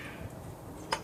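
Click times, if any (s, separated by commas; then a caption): 0.9 s. An ignition coil on a BMW 328i/128i engine is pushed down into the spark plug well on the valve cover until it fully seats. After a low, quiet background, a single short, sharp click at 0.9 s marks the coil locking into place.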